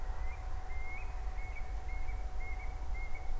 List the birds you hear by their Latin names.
Burhinus oedicnemus